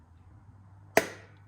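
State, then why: Seated. A spark plug wire boot is pushed onto the spark plug terminal of a Porsche 911 SC engine during a conversion from CIS to carburetors. Over a low steady hum, a single sharp click at 0.97 s marks the boot seating on the plug. The click means a good connection.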